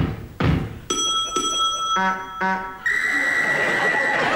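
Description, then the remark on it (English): Two dull thumps of a walking stick, then two bright ringing bell strokes, two low reedy hoots on a horn, and finally one sustained shrill whistle, each sound separate and fairly loud with no talking. “That was two clumps with her walking stick, two rings on the bell, two hoots on the horn, and one whistle.”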